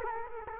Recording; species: mosquito wingbeat signal from an infrared sensor; Culex quinquefasciatus